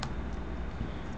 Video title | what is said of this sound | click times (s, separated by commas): Transformers Battlestars Star Convoy Toy Review | lock into place and there you have them and that's that was very hard | 0.0 s